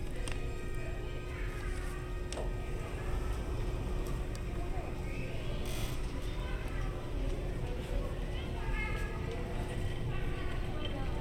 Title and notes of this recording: Disneyland Hotel Fantasy Tower Binaural Ambience. The background music and sounds found in the hotel lobby, and surrounding area